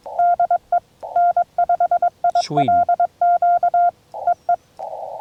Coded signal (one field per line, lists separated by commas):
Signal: Morse code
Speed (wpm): 22 wpm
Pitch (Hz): 700 Hz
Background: speech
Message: DE N5ILQ EE